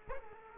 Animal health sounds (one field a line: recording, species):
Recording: mosquito wingbeat signal from an infrared sensor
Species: Culex quinquefasciatus